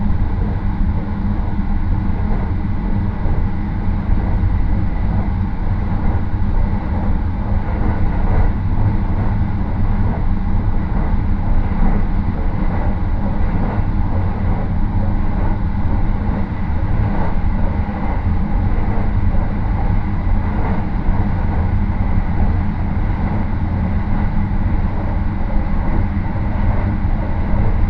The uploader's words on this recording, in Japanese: 予讃線 快速マリンライナー40号 高松→岡山。日も暮れてしまった。